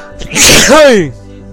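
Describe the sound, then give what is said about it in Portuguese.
A single loud sneeze from someone with a cold: a sharp, hissing burst of breath that swells into a voiced, rising-then-falling wail before cutting off, with no talking around it. “Ó, meu espirro é só pras gatinhas, pai.”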